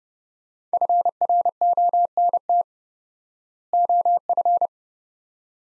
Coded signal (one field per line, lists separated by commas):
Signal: Morse code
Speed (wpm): 30 wpm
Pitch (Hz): 700 Hz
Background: none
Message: FRONT OF